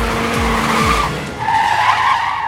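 Car tires screech in a loud, sustained squeal with wavering high tones while a low engine rumble rises and falls underneath, as the car, braked hard with its steering wheel jerked, spins around on its axis on a highway, its rubber burning.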